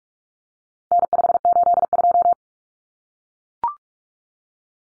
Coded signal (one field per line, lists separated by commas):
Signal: Morse code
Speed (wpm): 44 wpm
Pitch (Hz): 700 Hz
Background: none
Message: N582